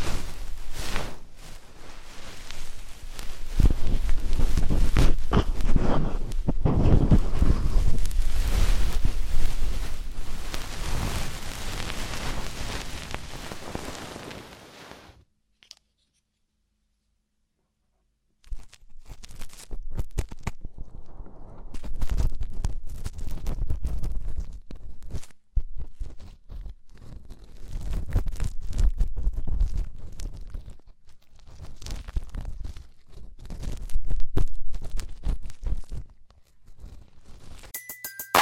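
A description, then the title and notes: Deep ear cleaning: dense, scratchy rubbing and crackling fill the first fifteen seconds, rising and falling in loudness. After a few seconds of silence, the scraping returns in shorter bursts with brief pauses, and a faint high tone appears near the very end. ASMR INTENSE Deep Ear Cleaning (No Talking).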